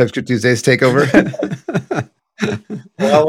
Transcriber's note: laughs